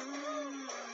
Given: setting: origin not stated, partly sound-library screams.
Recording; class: one-second piece from a danger detection set; woman in danger